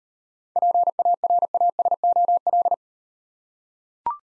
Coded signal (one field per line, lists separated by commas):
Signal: Morse code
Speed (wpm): 37 wpm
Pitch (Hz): 700 Hz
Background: none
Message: PARASOL